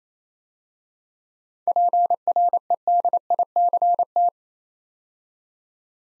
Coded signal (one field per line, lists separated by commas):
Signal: Morse code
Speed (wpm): 28 wpm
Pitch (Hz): 700 Hz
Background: none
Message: PREDICT